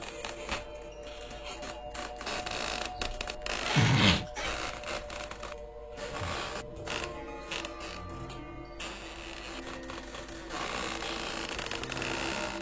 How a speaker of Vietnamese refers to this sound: Sau đó bà mơ mơ hồ hồ nghe thấy là tiếng kẽo cả kẽo kẹt, kẽo cả kẽo kẹt ở ngay góc nhà. Chính là tiếng cái võng. Cái võng nó xiết vào cái cột nhà, y hệt như là lúc ông được còn sống, ông hay nằm ở trên cái võng.